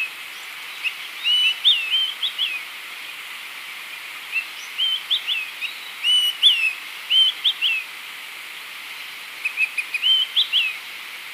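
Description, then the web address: Olive-sided flycatcher giving short slurred whistled notes that rise and fall in quick clusters, repeated several times. Ecuador. "Natures Songs S America Birds of Ecuador Olive-sided Flycatcher"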